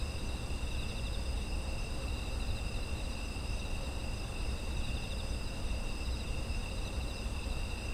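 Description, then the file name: Chorus of insects, constant high pulsing trills stacked at different pitches, accompanied by a persistent low hum. Autumn insect ambience. "秋の虫の環境音"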